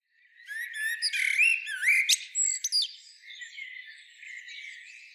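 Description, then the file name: Common blackbird gives a short flurry of squeaky, rising and falling notes and a sharp whistle. "Turdus merula"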